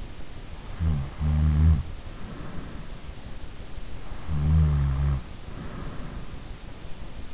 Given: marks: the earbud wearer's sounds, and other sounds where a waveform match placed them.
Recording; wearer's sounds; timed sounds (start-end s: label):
sounds in sleep by an in-ear microphone; snoring breath
0.87-2.65 s: snoring breath
4.15-5.71 s: snoring breath